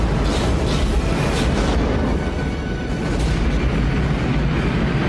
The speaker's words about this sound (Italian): Saturn V building up to 7.6 million pounds of thrust and it has cleared the tower.